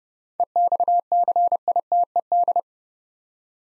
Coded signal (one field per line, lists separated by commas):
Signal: Morse code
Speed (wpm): 29 wpm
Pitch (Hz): 700 Hz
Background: none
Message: EXCITED